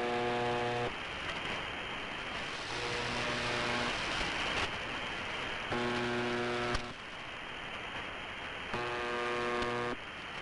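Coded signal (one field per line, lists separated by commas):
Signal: channel marker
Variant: UVB-76 (The Buzzer)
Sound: low harsh buzz about one second long, repeating every three seconds, four buzzes over hiss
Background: radio static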